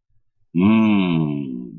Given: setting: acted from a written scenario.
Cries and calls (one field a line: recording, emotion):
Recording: vocal sound without words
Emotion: realization